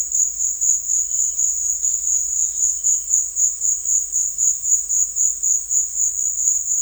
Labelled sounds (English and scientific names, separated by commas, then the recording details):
none
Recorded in secondary vegetation near Puerto Asís, Putumayo, Colombia, on 12 March 2025 at 16:30
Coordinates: 0.499, -76.323
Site G094